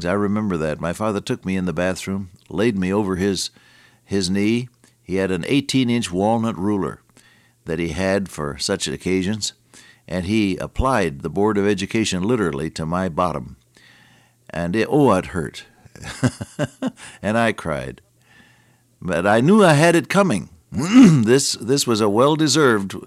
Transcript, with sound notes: I remember that my father took me in the bathroom, laid me over his knee, he had an 18 inch walnut ruler that he had for such occasions, and he applied the board of education literally to my bottom, and it oh, it hurt! (laughs) And I cried. But I knew I had it coming. This this was a well-deserved